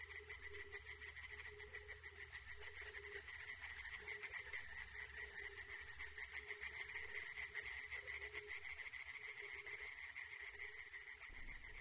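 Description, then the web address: Tree frogs croaking together, quick rattling pulses overlapping into a busy, even chorus over a low background rumble. Chorus of tree frogs in a primeval forest. "Tajemnice puszczy Koncert rzekotek"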